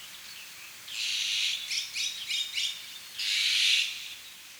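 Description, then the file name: Azure-winged magpie calls: a rasping, scratchy burst, then several short harsh notes, and a final loud grating call. "onaga"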